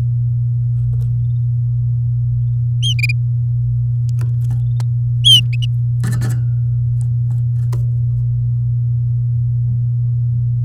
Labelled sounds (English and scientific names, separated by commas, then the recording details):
Domestic Canary (Serinus canaria) song
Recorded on 6 May 2018 at 09:28
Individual llb16